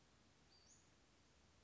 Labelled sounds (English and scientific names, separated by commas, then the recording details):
Western Flycatcher (Empidonax difficilis)
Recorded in Sonoma County, California